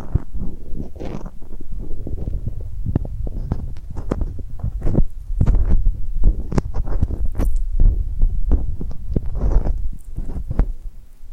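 Tingly glued hand sounds: sticky skin pulling and tapping in quick, irregular bursts over a constant low, muffled thumping rumble. Sharp crackly peels and snaps stand out several times a second, busiest after the midpoint, with no long pauses throughout.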